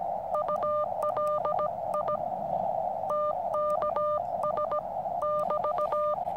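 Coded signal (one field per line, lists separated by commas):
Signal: Morse code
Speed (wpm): 17 wpm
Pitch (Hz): 600 Hz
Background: none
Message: ULI TKS <BT>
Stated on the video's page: Small portable Morse radio used for camp radio on the 80 meter band.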